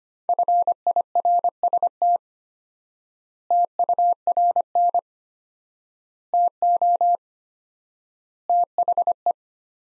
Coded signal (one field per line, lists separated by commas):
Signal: Morse code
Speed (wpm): 25 wpm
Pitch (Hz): 700 Hz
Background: none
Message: FIRST TURN TO THE